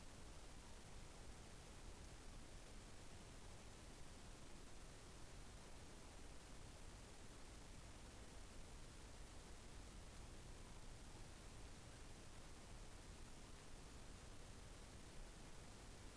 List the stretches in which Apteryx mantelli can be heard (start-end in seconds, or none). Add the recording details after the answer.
none. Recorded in New Zealand on 6 December 2014. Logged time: 23:43. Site BV21